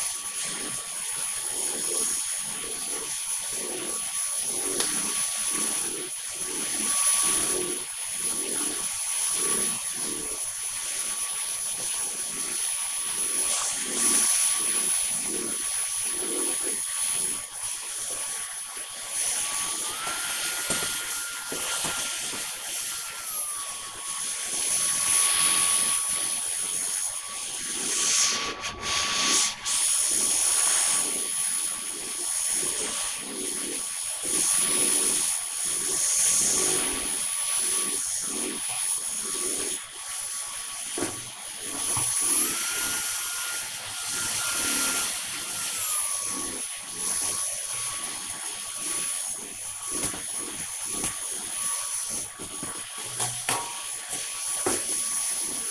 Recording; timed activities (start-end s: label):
household activities, microphone on the right wrist
0.00-55.71 s: vacuum cleaning